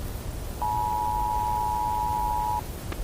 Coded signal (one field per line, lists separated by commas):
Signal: Emergency Alert System (SAME) tones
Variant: 853 and 960 Hz attention tone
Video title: EAS Scenario; Bangladeshi Tornado (1989)